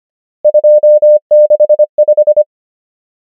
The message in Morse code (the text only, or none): 2 6 5